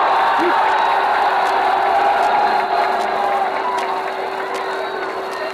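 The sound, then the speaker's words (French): A large crowd of Parisians on the Champs-Élysées roars in a steady, dense wash of cheering and shouting, with scattered sharp claps and whistles cutting through the continuous noise, on a sunny day. “Je crois que mieux des paroles, l'enthousiasme de la foule vous donnera une idée exacte de ce que toujours dit l'enthousiasme du peuple de Paris.”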